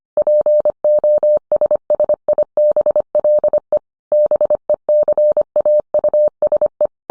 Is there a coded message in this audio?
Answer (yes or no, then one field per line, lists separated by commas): yes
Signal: Morse code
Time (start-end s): 0.2-6.9 s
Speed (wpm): 25 wpm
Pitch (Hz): 600 Hz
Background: none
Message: POSSIBLE BECAUSE